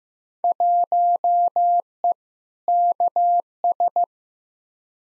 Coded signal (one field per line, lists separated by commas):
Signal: Morse code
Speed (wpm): 15 wpm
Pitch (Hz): 700 Hz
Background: none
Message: 1E KS